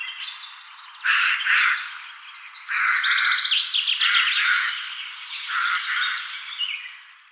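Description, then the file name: Eurasian Jay giving harsh, rasping bursts of noise in several separate blocks, with thin high chirps and trills layered over them. "Garrulus glandarius"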